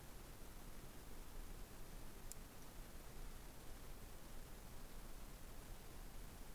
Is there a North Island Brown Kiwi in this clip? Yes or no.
no